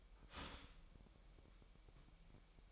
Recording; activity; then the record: daily activity, microphone in the room; start toaster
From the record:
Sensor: 1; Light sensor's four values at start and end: 10/35/12/14 and 10/35/12/14